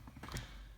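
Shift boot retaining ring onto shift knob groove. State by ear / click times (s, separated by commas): seated / 0.3 s, 0.4 s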